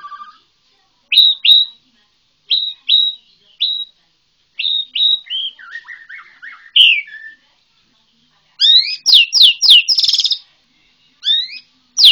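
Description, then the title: White-rumped shama song: spaced paired whistled notes, a lower warbled passage, then a loud burst of fast slurred whistles and rattling notes. Borneo. "MURAI BORNEO MAS KIKI"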